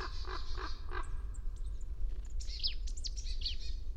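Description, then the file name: Marsh tit calls: a run of harsh, nasal buzzy notes in the first second, then sharp high chips and quick downslurred notes, over a steady low rumble. "Poecile palustris"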